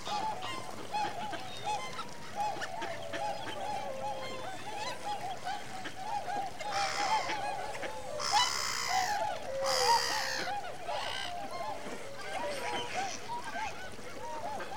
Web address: BBC Sound Effects Library (Animals Birds) Winter migrant waterfowl